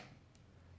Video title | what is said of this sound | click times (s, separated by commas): Dodge Charger Key Fob Battery Replacement (2006 - 2007) | twist until you hear a little click and you can see now that there's a little bit of an opening here | 0.4 s